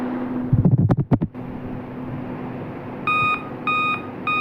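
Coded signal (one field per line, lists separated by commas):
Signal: beep code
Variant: Dell laptop BIOS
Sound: voice imitating beeps, then repeated evenly spaced steady electronic beeps, the last cut short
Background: low hum, room noise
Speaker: यदि पांच बार भी आपका लैपटॉप कर रहा है डेल का लैपटॉप है तो समझ लीजिए आपका बायो सेल का इशू है बायो सेल चेंज कर लीजिए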